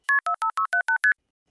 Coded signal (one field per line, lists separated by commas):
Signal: multi-frequency trunk signalling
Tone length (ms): 100 ms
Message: KP45678ST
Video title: How I Became a Phone Phreak, part 1